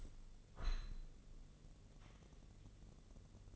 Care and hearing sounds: daily activity, microphone in the room; open window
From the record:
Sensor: 4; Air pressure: 1013.2 hPa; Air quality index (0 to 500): 171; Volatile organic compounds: 2 ppm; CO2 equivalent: 1076 ppm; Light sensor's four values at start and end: 62/155/64/65 and 58/144/60/62

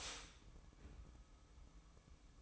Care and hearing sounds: daily activity, microphone in the room; stop toaster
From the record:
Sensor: 1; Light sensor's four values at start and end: 7/16/6/7 and 7/16/6/7

